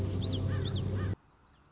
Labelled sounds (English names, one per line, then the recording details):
Common Yellowthroat
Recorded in Sonoma County, California